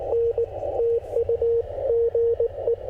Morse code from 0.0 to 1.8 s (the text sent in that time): N TU